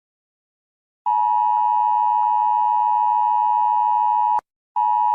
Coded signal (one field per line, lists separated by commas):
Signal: Emergency Alert System (SAME) tones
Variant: 853 and 960 Hz attention tone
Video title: EAS Alarms in different Countries (Part 1 + 2 + 3)